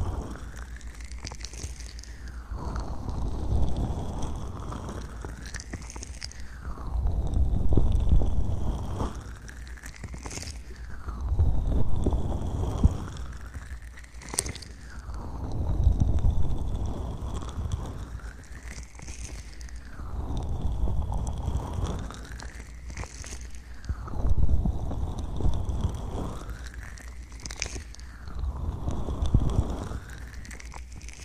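An ear massage trigger: slow, rhythmic rubbing strokes repeat about every four to five seconds, each one swelling into a whooshing sweep that rises and falls in pitch. A deep, muffled rumble sits under every stroke, with a few faint crackles and clicks between them.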